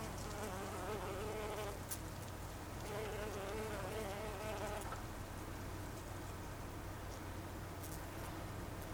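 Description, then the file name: Bumblebee buzzing, a low humming drone with wavering tonal whines in the first half, then a steadier, duller hum. Recorded 26 August 2012. "hunangsflugur 2012-08-26"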